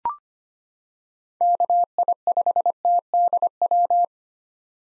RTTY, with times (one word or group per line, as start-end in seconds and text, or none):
none